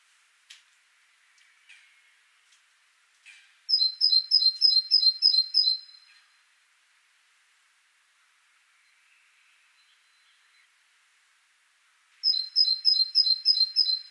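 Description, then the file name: Great tit, a few scattered clicks and chirps, then a rapid series of sharp paired high-low notes, a long pause, and another similar series. "Parus major"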